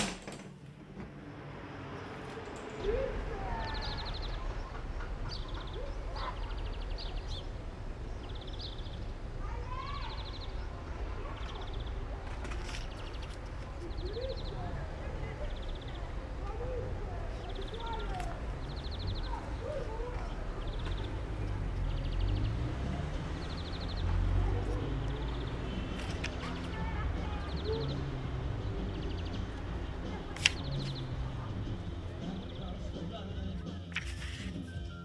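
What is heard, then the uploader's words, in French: A sound postcard of an apartment: a steady murmur of voices and low rumble, with scattered bird chirps and brief sharp clicks throughout. Carte postale sonore d'un appartement.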